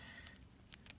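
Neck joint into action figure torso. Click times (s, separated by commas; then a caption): 0.7 s, 0.9 s. A replacement plastic neck piece is pushed into the torso of a Great Twins 1/12 Terminator T-800 Judgement Day Arnold action figure. Sharp clicks are heard at 0.7 s and 0.9 s over a quiet background, with a fainter tick at 0.3 s. The neck joint seats.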